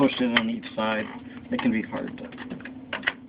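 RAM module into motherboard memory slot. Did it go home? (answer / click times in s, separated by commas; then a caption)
yes / 2.9 s, 3.1 s. A RAM stick is pushed down on each side into a motherboard memory slot while someone talks. The retaining clips click in at 2.9 s and 3.1 s, and the module is seated and held in place.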